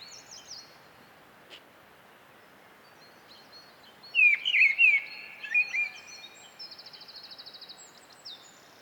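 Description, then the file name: Mistle thrush song: one short, loud fluted phrase of rising and falling notes midway, with high, thin calls of other birds before and after it. "British Library - Mistle Thrush Turdus viscivorus"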